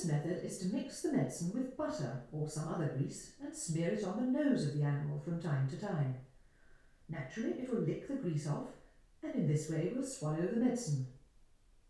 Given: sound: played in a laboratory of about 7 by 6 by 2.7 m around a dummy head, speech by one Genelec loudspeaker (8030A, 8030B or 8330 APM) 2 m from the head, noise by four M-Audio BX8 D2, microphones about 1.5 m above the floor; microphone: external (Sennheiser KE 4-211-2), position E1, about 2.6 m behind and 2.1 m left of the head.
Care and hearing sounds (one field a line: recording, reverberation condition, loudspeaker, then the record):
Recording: female speech in English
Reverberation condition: medium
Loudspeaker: 120 degrees to the left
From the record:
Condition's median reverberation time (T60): about 510 ms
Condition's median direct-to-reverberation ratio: about -0.5 dB